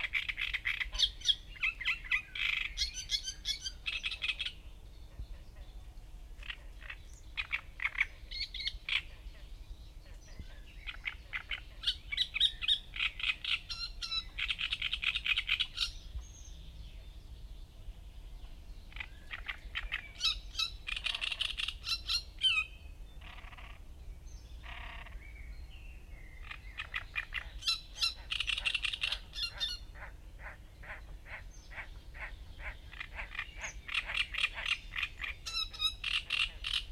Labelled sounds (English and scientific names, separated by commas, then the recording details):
Great Reed Warbler (Acrocephalus arundinaceus) song
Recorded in the wild
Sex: male
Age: adult
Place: Gorinsee, Brandenburg, DE
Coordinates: 52.6889, 13.4711
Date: 1990-05-19 12:54
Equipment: Uher 4400 Report Monitor, Sennheiser MKH 416 T
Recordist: Frommolt, Karl-Heinz